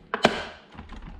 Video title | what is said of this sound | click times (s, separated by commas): RoboRock Maintenance - Full Guide - How To | and once this is in right it should just click right in | 0.1 s, 0.2 s